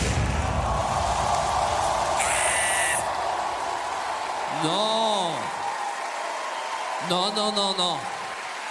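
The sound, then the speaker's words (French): An audience claps steadily, a dense crackling wash of applause that runs the whole clip, with a couple of rising-and-falling whooping cries breaking through it. “N'applaudissez pas ce spectacle de violence.”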